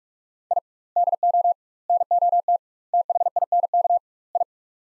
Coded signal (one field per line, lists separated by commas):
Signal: Morse code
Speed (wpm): 42 wpm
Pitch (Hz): 700 Hz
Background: none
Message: I DO NOT THINK I